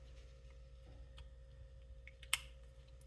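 A plastic fan shroud is pressed onto the cooling fan of a Castle Creations Mamba Monster X RC speed controller during a fan replacement. Over a steady low hum, a faint tick comes at 2.1 s, followed by a sharp, loud click at 2.3 s. The shroud's tabs snap into place and the shroud is seated.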